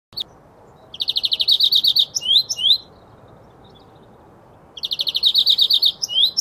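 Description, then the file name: European greenfinch delivers two bursts of rapid, even trills with a few slurred twittering notes, separated by a pause of about two seconds. "Chloris chloris"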